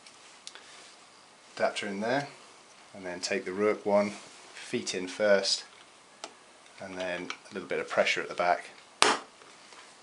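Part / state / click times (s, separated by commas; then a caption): plastic dock adapter insert into speaker dock connector well / seated / 9.0 s. Someone talks while a plastic Lightning dock adapter insert, used to update a Bose 30-pin SoundDock to an Apple Lightning connector supporting charging and audio, is pushed into the speaker dock's connector well front feet first and then pressed down at the back. One sharp, loud snap is heard at 9.0 s as the firm-fitting insert seats into place.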